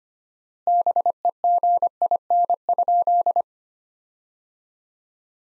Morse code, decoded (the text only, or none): BEGIN?